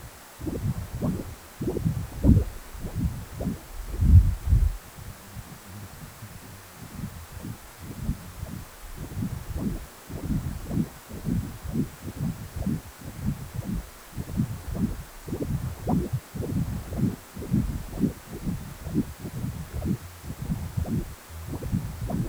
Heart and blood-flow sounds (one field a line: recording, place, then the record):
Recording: Doppler ultrasound of blood flow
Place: precordium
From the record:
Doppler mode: continuous wave and pulsed wave in the uncut recording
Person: healthy adult, 18 to 50 years, no heart murmur, not diving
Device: 2.5 MHz transducer